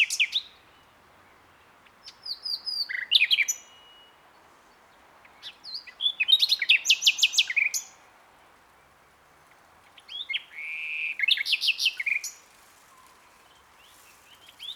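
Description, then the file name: Common nightingale song in three separate phrases, each of fast, sharp repeated notes and whistles, with pauses of a few seconds between them. "Luscinia megarhynchos"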